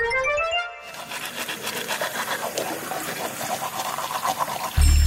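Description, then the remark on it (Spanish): A tap runs in a steady, splashing rush of water for several seconds while teeth are brushed, after a brief burst of bright tonal notes at the start. No one speaks. “Si dejas el grifo abierto mientras te cepillas o te lavas la cara, desperdicias más de 10 litros de agua.”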